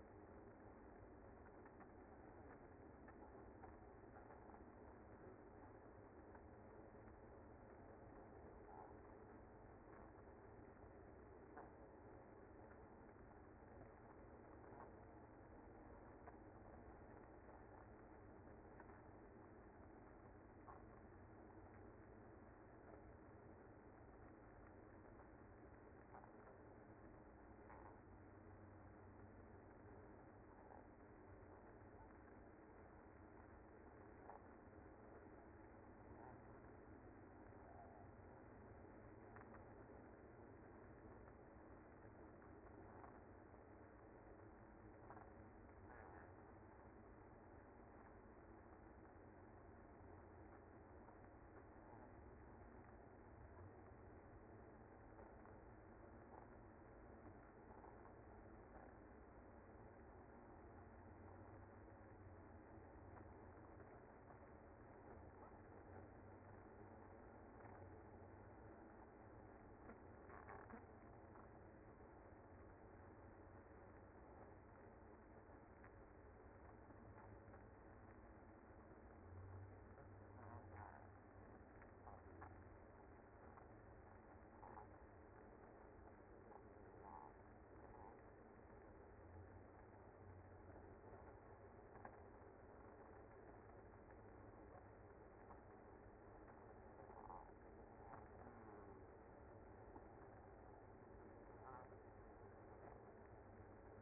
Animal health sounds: honeybee colony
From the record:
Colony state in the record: active

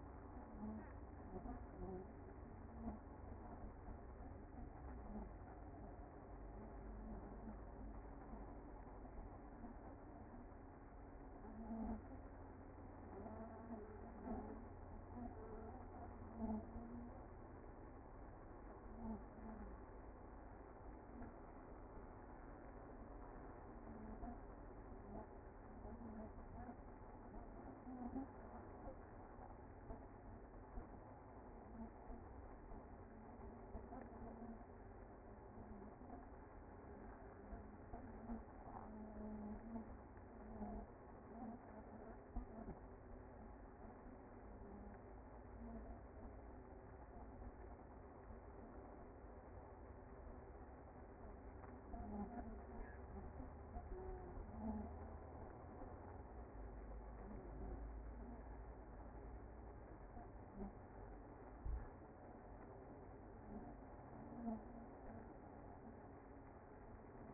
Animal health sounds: honeybee colony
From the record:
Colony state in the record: active

